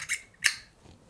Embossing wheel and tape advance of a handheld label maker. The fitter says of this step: dit bedoelde ik die klik dan zie je hem ook echt een beetje voor springen